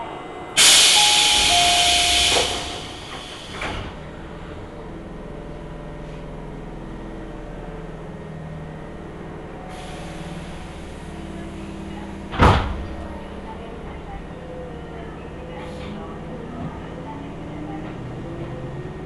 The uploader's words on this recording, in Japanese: 秩父鉄道から東武東上線に乗り換えます。東武東上線 寄居→小川町。普通列車の4両編成のみで、単線区間になります。